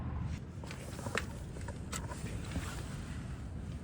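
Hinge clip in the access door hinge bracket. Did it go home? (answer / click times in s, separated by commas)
released / 1.2 s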